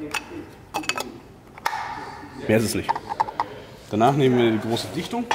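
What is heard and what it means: A new paper oil filter element is pushed into the plastic oil filter housing cap of a VW T6 during an oil change, with a few light plastic clicks and handling taps early on. It clips into place with a sharp clack at 1.7 s, seated. Someone talks afterward.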